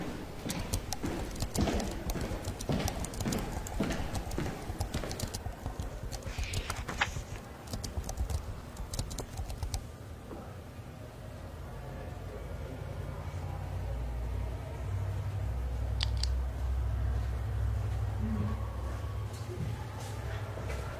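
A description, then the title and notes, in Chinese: Library ambience with typing: for the first ten seconds, quick, dense key clicks and taps run almost nonstop. After that the tapping thins to a few scattered clicks, and a steady low hum grows underneath, with a soft murmur of voices. 图书馆环境音 打字声 写字翻书。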